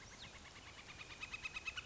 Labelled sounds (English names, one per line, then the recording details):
Northern Flicker
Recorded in Sonoma County, California